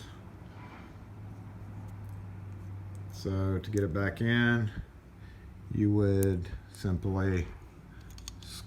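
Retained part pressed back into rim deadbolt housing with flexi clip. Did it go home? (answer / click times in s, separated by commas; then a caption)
yes / 8.3 s. A part of a Yale Auxiliary Rim Deadbolt 112 & 1/4, held by a bendable flexi clip, is squeezed back into the rim deadbolt housing while someone talks. A sharp click at 8.3 s marks the part snapping back into place, seated.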